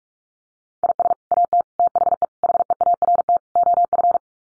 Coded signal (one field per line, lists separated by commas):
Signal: Morse code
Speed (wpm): 44 wpm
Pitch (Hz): 700 Hz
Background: none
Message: IS AT THE HEART OF